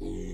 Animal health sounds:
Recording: pig call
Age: weaner (32 to 43 days)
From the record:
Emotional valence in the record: positive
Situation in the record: positive conditioning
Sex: female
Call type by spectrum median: low-frequency call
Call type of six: low-frequency stable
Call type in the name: low-frequency stable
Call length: 0.33 s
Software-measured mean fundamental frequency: 42 Hz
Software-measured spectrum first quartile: 57 Hz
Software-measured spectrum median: 214 Hz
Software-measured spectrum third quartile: 404 Hz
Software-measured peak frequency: 290 Hz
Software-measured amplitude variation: 121 dB a second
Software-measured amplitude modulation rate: 46.6 a second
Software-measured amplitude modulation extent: 2.6 dB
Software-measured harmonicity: 1.9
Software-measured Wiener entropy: -0.15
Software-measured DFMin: 1039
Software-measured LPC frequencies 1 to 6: 356, 2051, 3480, 4400, 6360, 6873 Hz

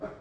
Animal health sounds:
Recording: pig call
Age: growing-finishing pig (85 days or more)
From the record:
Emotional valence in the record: positive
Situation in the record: run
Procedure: transit

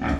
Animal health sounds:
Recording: pig call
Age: growing-finishing pig (85 days or more)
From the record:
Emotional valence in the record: negative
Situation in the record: barren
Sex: female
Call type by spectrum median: low-frequency call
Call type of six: low-frequency stable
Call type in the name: low-frequency stable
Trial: 1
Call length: 0.20 s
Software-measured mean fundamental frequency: 67 Hz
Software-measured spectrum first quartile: 180 Hz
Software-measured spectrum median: 412 Hz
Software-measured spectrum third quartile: 1159 Hz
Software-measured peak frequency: 268 Hz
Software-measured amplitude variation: 116 dB a second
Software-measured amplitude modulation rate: 29.3 a second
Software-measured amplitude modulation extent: 4.0 dB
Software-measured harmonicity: -1.0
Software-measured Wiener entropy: -1.34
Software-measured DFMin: 522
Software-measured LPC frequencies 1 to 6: 1639, 2271, 3321, 4366, 5348, 5668 Hz

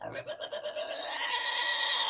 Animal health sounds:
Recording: pig call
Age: weaner (32 to 43 days)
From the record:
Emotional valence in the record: negative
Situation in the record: restrain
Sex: male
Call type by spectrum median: high-frequency call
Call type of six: mixed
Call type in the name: high-frequency stable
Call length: 2.1 s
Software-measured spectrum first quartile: 3006 Hz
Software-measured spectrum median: 4811 Hz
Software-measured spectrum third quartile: 7592 Hz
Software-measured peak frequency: 4335 Hz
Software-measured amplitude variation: 172 dB a second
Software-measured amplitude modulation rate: 19.7 a second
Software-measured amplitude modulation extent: 8.7 dB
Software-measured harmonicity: 0.6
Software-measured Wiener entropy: -2.01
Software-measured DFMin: 626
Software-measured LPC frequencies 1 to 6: 834, 1927, 3206, 3697, 4292, 5031 Hz

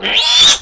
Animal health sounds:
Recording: pig call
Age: piglet (1 to 25 days)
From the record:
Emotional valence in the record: negative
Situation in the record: crushing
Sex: female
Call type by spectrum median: high-frequency call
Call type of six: mixed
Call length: 0.62 s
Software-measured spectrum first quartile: 3303 Hz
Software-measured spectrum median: 4194 Hz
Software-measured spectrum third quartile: 7479 Hz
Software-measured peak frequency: 3476 Hz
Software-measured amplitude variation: 113 dB a second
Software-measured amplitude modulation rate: 21.7 a second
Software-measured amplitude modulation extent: 5.2 dB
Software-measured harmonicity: 3.9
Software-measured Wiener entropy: -2.52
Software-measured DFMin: 596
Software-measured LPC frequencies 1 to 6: 896, 1733, 3574, 4566, 5668, 6152 Hz

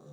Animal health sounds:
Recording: pig call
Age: piglet (1 to 25 days)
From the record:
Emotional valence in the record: negative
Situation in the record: short isolation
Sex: female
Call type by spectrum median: low-frequency call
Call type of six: low-frequency stable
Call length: 0.13 s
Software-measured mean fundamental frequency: 67 Hz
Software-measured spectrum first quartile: 155 Hz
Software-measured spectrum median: 304 Hz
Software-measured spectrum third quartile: 619 Hz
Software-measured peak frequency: 147 Hz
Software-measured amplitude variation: 63 dB a second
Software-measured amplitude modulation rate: 11.2 a second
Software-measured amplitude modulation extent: 5.6 dB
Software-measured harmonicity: 1.0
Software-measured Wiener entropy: 0.28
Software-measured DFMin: 1131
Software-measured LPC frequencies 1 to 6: 442, 3769, 5811, 7022, 8071, 9564 Hz

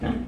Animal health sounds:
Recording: pig call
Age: growing-finishing pig (85 days or more)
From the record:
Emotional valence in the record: negative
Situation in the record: barren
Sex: female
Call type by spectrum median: low-frequency call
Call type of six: low-frequency stable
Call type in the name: low-frequency stable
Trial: 3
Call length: 0.28 s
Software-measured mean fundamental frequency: 45 Hz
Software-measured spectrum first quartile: 186 Hz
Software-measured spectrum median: 289 Hz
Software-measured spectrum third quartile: 702 Hz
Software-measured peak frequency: 240 Hz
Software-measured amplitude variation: 182 dB a second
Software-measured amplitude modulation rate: 19.5 a second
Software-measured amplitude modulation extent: 9.3 dB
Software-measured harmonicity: 1.6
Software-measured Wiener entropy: -0.89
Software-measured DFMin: 663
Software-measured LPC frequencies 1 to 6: 1668, 2260, 3060, 3579, 5331, 5832 Hz

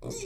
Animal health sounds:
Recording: pig call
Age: weaner (32 to 43 days)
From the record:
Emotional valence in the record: negative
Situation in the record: short isolation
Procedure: open field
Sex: female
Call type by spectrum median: low-frequency call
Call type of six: mixed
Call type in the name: high-frequency modulated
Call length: 0.26 s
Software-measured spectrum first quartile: 321 Hz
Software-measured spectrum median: 1370 Hz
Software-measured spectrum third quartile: 6222 Hz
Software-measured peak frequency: 395 Hz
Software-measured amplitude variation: 107 dB a second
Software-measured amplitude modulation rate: 15.7 a second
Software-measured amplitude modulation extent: 6.8 dB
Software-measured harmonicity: 4.4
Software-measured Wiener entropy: -4.01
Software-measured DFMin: 1087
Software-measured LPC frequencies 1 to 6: 422, 2428, 3629, 4306, 5729, 6347 Hz

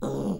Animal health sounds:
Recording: pig call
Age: piglet (1 to 25 days)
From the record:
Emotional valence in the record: negative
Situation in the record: long isolation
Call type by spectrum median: low-frequency call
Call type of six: low-frequency stable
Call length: 0.40 s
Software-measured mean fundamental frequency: 52 Hz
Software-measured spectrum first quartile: 196 Hz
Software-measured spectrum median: 324 Hz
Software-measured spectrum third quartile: 572 Hz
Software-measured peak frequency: 199 Hz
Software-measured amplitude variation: 92 dB a second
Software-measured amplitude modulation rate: 21.4 a second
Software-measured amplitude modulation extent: 4.3 dB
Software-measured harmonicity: 0.3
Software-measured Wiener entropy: -0.50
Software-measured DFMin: 1808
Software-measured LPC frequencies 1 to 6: 376, 1230, 3786, 4828, 5718, 6904 Hz

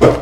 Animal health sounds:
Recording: pig call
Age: growing-finishing pig (85 days or more)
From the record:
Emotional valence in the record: positive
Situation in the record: run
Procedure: transit

